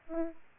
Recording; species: mosquito wingbeat signal from an infrared sensor; Aedes aegypti